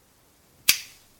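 On a second try, the stuck metal bottom thread dial of a two-piece metal safety razor, a Rex Ambassador, is pushed forward while being turned backwards. A single sharp click sounds at 0.7 s and then fades quickly into quiet. The dial is released and turns freely.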